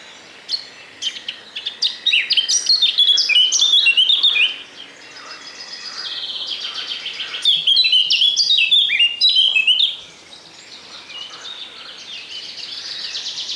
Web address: Przyroda Ptaki Kapturka